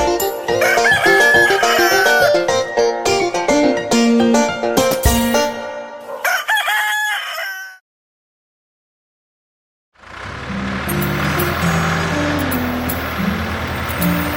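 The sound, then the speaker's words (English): A rooster crows over bright, busy music with wavering, gliding tones. It breaks off into a few seconds of silence, followed by a steady, broad rumbling noise. “Cock-a-doodle-doo.”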